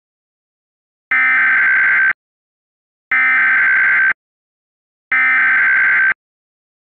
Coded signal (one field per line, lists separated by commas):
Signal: Emergency Alert System (SAME) tones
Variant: header bursts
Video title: Request: EAS 2 part CAE & LAE Scenario